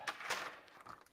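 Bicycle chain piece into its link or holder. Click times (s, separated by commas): 0.1 s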